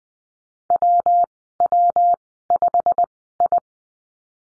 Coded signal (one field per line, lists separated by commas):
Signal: Morse code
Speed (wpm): 20 wpm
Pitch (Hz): 700 Hz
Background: none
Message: WW5I